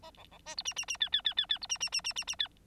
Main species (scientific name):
Lonchura striata domestica